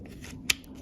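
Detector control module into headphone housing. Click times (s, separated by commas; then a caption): 0.5 s. A compact WS6 control module from a DEUS 2 metal detector is slid into its slot in the wireless headphone housing. A sharp plastic snap at 0.5 s shows it clicking home, with only faint ticks before and after over a low background. The module is seated in the headset, where it gives sound but no visuals.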